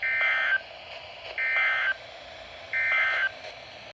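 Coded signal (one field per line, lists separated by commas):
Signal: Emergency Alert System (SAME) tones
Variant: end-of-message bursts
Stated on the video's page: Received from NOAA Weather Radio transmitters WXL58 and WNG706.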